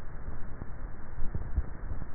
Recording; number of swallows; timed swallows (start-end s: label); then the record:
swallowing sounds by neck microphone; 1
1.25-2.02 s: swallow
From the record:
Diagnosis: dysphagia